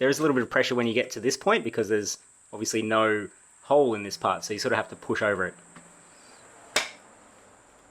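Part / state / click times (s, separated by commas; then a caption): diffuser fin into rear diffuser body slot / seated / 6.8 s. Someone talks while pushing a plastic fin with some pressure into its matching slot on an aftermarket rear diffuser for an Audi S3. A single sharp click sounds at 6.8 seconds as the fin snaps in and seats.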